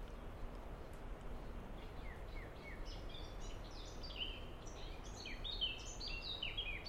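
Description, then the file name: Common blackbird song, fairly faint: short whistled notes begin after two seconds, then build into a busy run of chirpy, downslurred phrases over steady hiss. "merle"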